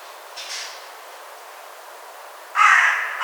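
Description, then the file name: Carrion crow giving a single loud, hoarse caw near the end, after a fainter sound early on. "Corvus corone"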